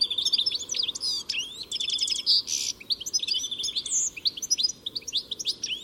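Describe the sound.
Bird twittering, busy and continuous, high chirps and short trills with one harsher, louder burst in the middle.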